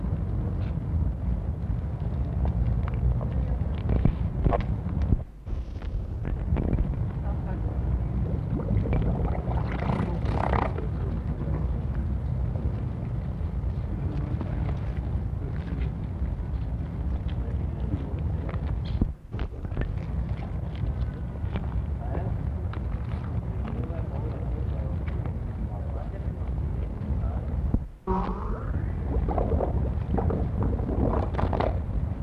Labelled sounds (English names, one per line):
Harbor Seal